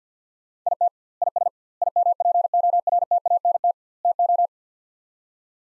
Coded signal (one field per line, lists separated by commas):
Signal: Morse code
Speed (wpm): 47 wpm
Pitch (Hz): 700 Hz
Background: none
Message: IT IS IMPORTANT TO